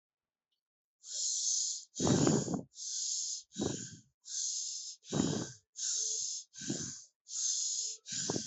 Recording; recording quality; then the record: shallow breathing; excellent, no background noise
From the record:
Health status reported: healthy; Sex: male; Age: 30 years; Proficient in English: yes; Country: India